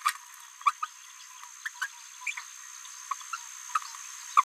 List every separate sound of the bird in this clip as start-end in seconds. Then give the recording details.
0.04-0.13, 0.65-0.73, 0.81-0.87, 1.66-1.68, 1.82-1.86, 2.26-2.34, 2.37-2.40, 3.10-3.14, 3.33-3.37, 3.74-3.79, 4.37-4.43. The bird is a female. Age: 27 days. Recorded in a nest box in Venezuela. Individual 17B73B3